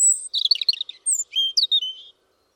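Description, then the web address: European robin phrase: a high thin note, then a rapid cascade of tinkling, twittering notes and a few clear, slightly falling whistles. "Deverinetal 2025 File origin Bird Only Er Ru"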